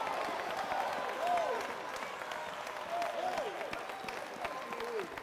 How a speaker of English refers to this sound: Come on, give him a big hand clap. He wants to hear from us tonight. Come on, buddy, clap your hand. That's it. Praise the Lord.